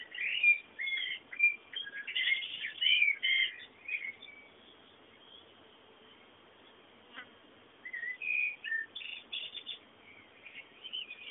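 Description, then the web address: Birds chirping in bouts of quick warbled notes separated by quieter stretches, over a soft constant hiss. Bird sounds meant as background ambience. "sounds fondo pajaros"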